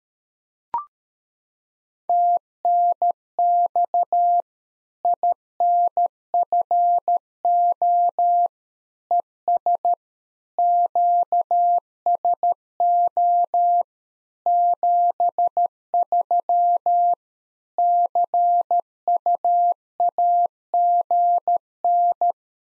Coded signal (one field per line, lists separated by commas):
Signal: Morse code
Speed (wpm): 13 wpm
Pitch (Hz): 700 Hz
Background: none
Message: TNX INFO ES QSO 73 CUAGN